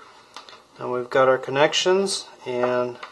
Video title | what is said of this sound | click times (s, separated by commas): Building a 170 mA charge controller | i'll push it in there until i hear a click there we are | 0.4 s